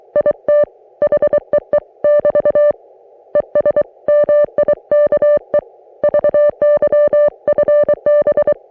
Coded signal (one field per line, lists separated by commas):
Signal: Morse code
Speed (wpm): 23 wpm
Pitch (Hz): 590 Hz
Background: music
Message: IT HEE <BT> ES MIKE VY FB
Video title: Di-Dah-Dit Weekly - Morse Code Practice